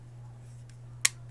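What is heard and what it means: After the battery is fitted, the plastic rear shell half of a Nintendo Joy-Con handheld game controller is folded onto its front housing and pressed until it snaps closed. A steady low hum runs throughout, a faint tick comes at 0.7 s, and a sharp, loud click at 1.1 s confirms the shell is seated closed.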